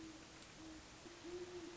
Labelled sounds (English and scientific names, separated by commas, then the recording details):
Great Horned Owl (Bubo virginianus)
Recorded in Sonoma County, California